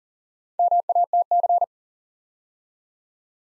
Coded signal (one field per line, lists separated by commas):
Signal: Morse code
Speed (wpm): 38 wpm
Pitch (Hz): 700 Hz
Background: none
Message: MATC